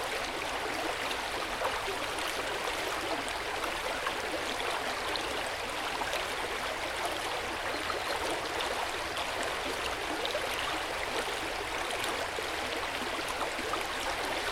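A river flows steadily past, its dense, even rush of water holding constant from start to finish. The sound is bright, full of fine splashing and trickling detail, with little low rumble beneath and no clear breaks or separate events.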